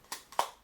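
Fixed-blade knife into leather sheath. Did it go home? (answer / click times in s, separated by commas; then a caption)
yes / 0.4 s. A Muela Kodiak fixed-blade knife is pushed into its leather sheath. A soft tap comes at 0.1 s and a brief rustle at 0.3 s, then a sharp snap at 0.4 s as the knife seats in place.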